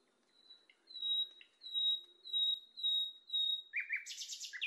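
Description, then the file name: Nightingale song: a series of five long pure high whistles repeated about every half second, ending in a burst of rich, rapid warbled notes. Training recording (masteran) used to teach singing to caged birds. "suara masteran nightingale"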